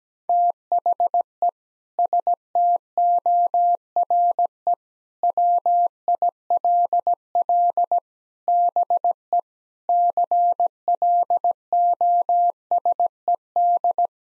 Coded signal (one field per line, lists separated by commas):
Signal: Morse code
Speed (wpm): 17 wpm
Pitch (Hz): 700 Hz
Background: none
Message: THE STORE WILL BE CLOSED